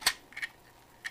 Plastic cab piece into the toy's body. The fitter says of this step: fameuse le cabine on la pousse et se clipse tic sont mariés